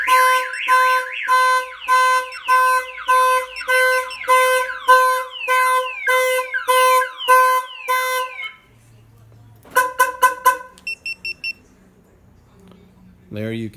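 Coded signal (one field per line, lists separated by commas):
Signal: pager alert tone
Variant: Viper 5305V remote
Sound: rapid repeating electronic chirping alert melody for eight seconds, then several short beeps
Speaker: I'm going to reach in unlock the door there you can see that the remote is beeping and letting us know that the door has been opened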